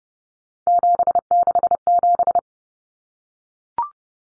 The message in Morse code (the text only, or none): 767